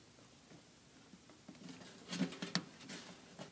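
A second one-way multi-pin wiring harness plug is pushed into the socket of a variable speed blower motor. A short, sharp snap at 2.6 s shows it seating, following a softer scuffing thump around 2.4 s, with faint handling noise before and after. The plug is tugged afterward to check that it is tight, and it holds.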